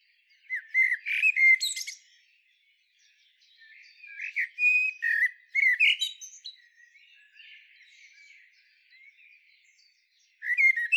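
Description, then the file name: Eurasian blackbird delivering several separate warbling phrases, some with brief squeaky tails, separated by short pauses. "Turdus merula"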